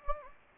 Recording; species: mosquito wingbeat signal from an infrared sensor; Anopheles gambiae